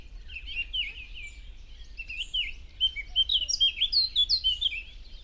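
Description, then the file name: Eurasian blackcap sings a quick, varied warble of high chirps and slurred notes, growing louder toward the end, with soft background noise. "Sylvia atricapilla"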